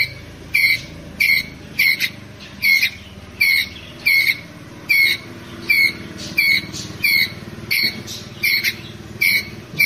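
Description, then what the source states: Ground squirrel chirping shrilly in a regular series, about one call every 0.7 seconds, with soft low background noise. Ground squirrel calling its group.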